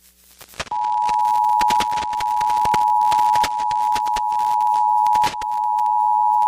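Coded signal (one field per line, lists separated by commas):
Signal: Emergency Alert System (SAME) tones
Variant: 853 and 960 Hz attention tone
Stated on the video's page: EAS tornado watch activation relayed by radio station WYMY.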